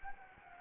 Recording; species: mosquito wingbeat signal from an infrared sensor; Anopheles gambiae